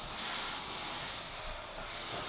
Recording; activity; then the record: daily activity, microphone in the room; vacuum cleaning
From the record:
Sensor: 5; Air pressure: 1010.3 hPa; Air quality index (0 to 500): 120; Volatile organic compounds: 2 ppm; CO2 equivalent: 1180 ppm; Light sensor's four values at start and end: 490/1249/517/577 and 489/1249/517/577